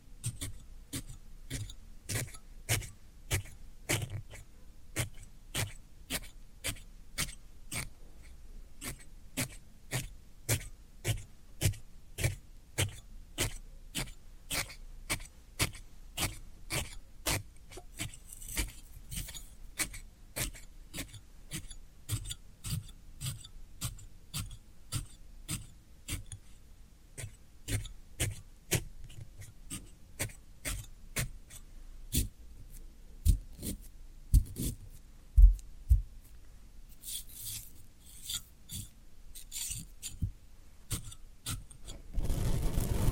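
Floral foam crunches in sharp, evenly spaced crackles about twice a second, with a few rougher, denser scrapes near the end.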